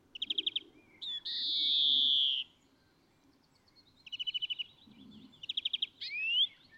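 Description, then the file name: European greenfinch giving a long nasal, buzzy wheeze between short, fast trills, ending with a quick upward-sweeping note. "Chloris chloris"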